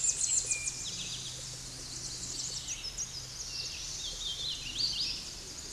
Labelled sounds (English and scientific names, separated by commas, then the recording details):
Hooded Warbler (Setophaga citrina) song
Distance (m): 105 m
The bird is about 15 m above the microphone
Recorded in a Pennsylvania forest on 16 May 2024 at 09:50
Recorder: AudioMoth, point MSD-1293
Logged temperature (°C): 12.0 °C
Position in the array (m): -44 m, 175 m